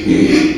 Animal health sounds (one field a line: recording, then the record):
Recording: squeal of a Yucatan mini pig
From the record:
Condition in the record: after surgery on the right vocal fold (resection and tissue-engineered implant)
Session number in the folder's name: 2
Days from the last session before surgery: 13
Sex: male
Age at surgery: 12 weeks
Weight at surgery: 13 kg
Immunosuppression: cyclosporine, prednisolone